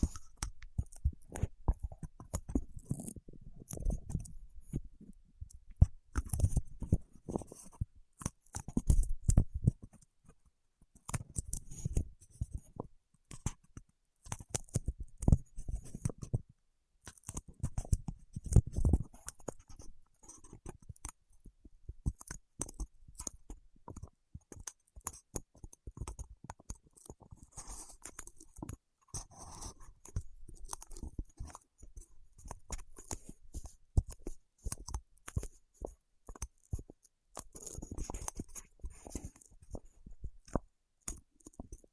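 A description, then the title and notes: Fingertips work against wax, producing a dense, irregular stream of sharp sticky clicks and crackles across the whole 42 seconds. During the first twenty seconds, soft low thumps and rubbing swells come in bursts. After that the sound thins to mostly crisp, scattered ticks. ASMR with Wax Fingertips for Sleep (No Talking).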